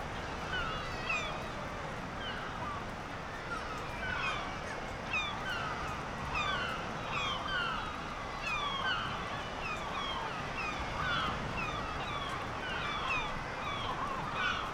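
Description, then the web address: Black-legged kittiwakes calling over a low rumbling background, sharp nasal calls repeated in quick succession from several birds. "sound Black-legged-kittiwake. صدای-پرنده-کاکایی-پاسیاه"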